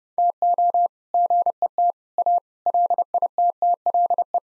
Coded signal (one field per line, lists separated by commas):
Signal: Morse code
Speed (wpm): 30 wpm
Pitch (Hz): 700 Hz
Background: none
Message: TO GET A LITTLE